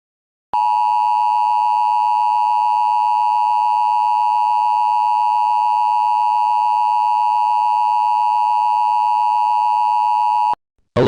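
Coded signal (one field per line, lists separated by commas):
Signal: Emergency Alert System (SAME) tones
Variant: 853 and 960 Hz attention tone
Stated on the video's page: Fictional EAS scenario.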